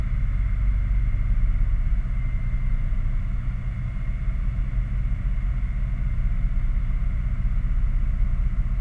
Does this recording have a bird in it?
no